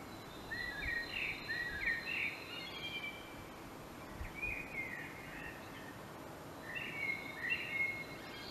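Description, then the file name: Common blackbird song: mellow, fluty warbled phrases in three bursts separated by short pauses, ending in higher twittering notes, over a steady background hiss. "Turdus merula"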